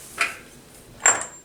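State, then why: Not seated. A torque wrench set to 203 ft-lb pulls on a 35mm socket on the axle nut of a rear wheel hub knuckle assembly on a 2002 Ford Explorer. Two short, bright sounds are heard at about 0.2 s and 1.1 s, the second one louder. The wrench has not reached its setting, and nothing has clicked yet.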